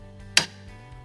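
Locking pliers are clamped onto a suspension part during Honda Pilot / Acura MDX steering and suspension repair, and their jaws snap into the locked position with a single sharp click at 0.4 s over a steady low hum. The pliers lock, but the grip is not tight enough and has to be readjusted.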